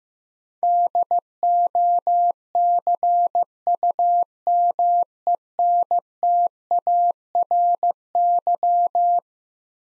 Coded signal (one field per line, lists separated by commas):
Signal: Morse code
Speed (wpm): 15 wpm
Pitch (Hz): 700 Hz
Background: none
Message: DOCUMENTARY